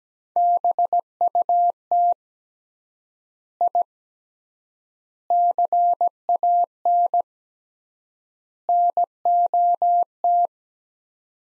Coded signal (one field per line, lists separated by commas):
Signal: Morse code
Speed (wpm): 17 wpm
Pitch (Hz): 700 Hz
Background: none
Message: BUT I CAN NOT